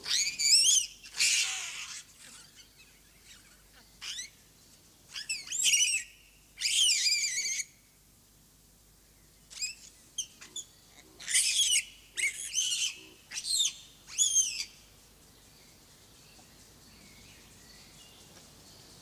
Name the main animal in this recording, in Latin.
Papio hamadryas